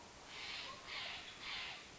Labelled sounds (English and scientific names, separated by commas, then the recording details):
Steller's Jay (Cyanocitta stelleri)
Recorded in Sonoma County, California